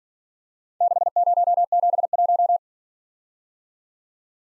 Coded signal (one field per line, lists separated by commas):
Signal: Morse code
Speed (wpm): 47 wpm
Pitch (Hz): 700 Hz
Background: none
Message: 6071